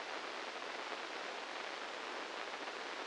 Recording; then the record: brain microelectrode recording played as sound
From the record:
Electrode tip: inside the subthalamic nucleus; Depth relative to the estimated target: -4 mm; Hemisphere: right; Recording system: NeuroSet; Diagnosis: Parkinson's disease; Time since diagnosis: 15 years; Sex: female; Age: 59 years